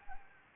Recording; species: mosquito wingbeat signal from an infrared sensor; Anopheles gambiae